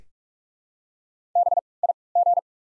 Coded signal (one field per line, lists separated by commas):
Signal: Morse code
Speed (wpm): 42 wpm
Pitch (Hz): 700 Hz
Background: none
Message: B I G